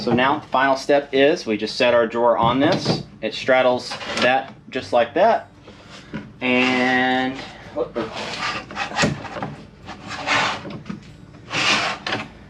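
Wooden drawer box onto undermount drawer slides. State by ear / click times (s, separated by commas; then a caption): seated / 12.1 s. A wooden drawer box is set onto undermount soft-close slides and pushed until the locking clips engage, while someone talks. It clicks into place at 12.1 s, and the drawer is seated.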